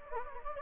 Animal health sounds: mosquito wingbeat signal from an infrared sensor; Anopheles gambiae

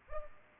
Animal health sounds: mosquito wingbeat signal from an infrared sensor; Culex pipiens

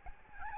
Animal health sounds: mosquito wingbeat signal from an infrared sensor; Aedes albopictus

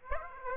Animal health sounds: mosquito wingbeat signal from an infrared sensor; Aedes aegypti

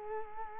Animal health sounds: mosquito wingbeat signal from an infrared sensor; Culex quinquefasciatus

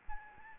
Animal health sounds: mosquito wingbeat signal from an infrared sensor; Aedes albopictus

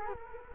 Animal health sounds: mosquito wingbeat signal from an infrared sensor; Culex quinquefasciatus

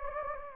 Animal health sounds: mosquito wingbeat signal from an infrared sensor; Anopheles gambiae

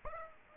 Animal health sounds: mosquito wingbeat signal from an infrared sensor; Aedes aegypti

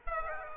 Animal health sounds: mosquito wingbeat signal from an infrared sensor; Aedes aegypti

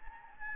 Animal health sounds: mosquito wingbeat signal from an infrared sensor; Anopheles gambiae

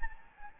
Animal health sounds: mosquito wingbeat signal from an infrared sensor; Anopheles gambiae

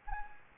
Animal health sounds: mosquito wingbeat signal from an infrared sensor; Anopheles gambiae

